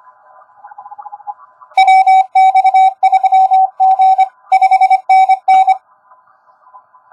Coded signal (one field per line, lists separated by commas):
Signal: Morse code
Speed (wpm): 23 wpm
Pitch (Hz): 760 Hz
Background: none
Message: WX3G 5NN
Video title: AUSTRAL ISL QRP 10M CW QSO WITH TX5Z